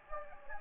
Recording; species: mosquito wingbeat signal from an infrared sensor; Anopheles gambiae